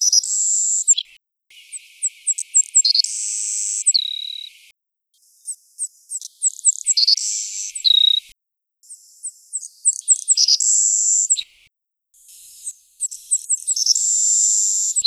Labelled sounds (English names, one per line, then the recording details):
Savannah Sparrow song
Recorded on Kent Island, New Brunswick, in 2010